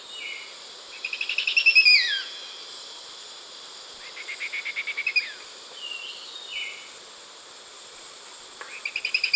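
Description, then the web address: Spotted woodcreeper song: rapid series of clear notes that rise in loudness then slide downward, given twice with a third beginning at the end, with a few short whistled notes between, over constant insect buzz. Recorded in Ecuador. "Natures Songs S America Birds of Ecuador Spotted Woodcreeper"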